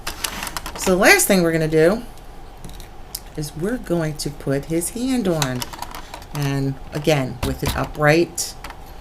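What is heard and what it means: Someone talks while handling the hand of an Agora Models die-cast Optimus Prime figure, holding it upright to fit onto the right arm, with a few sharp small clicks and taps of handling near the start and again around 2.6 to 3.2 seconds. Nothing has seated or clicked into place yet.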